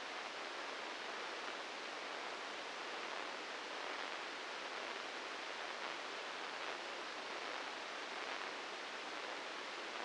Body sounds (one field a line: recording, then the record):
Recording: brain microelectrode recording played as sound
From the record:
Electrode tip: inside the subthalamic nucleus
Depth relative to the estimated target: -2 mm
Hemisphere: right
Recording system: NeuroSet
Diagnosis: Parkinson's disease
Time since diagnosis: 8 years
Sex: male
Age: 59 years